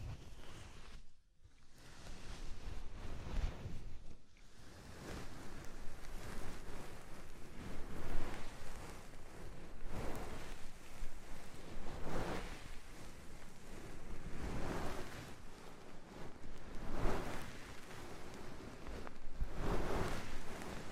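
An ear massage with oil and foam: dense, crackly rubbing and squishing that fills the range from low to bright. The strokes swell and fade in waves every second or two, with a short silent gap near the start and another around four seconds.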